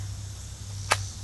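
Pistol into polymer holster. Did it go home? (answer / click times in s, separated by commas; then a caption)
yes / 0.9 s. A larger pistol is pushed into a Raven Concealment polymer holster that was not designed for it. A single sharp click at 0.9 s shows it snapping into the holster's retention over a steady low hum. The pistol is seated and the retention still holds.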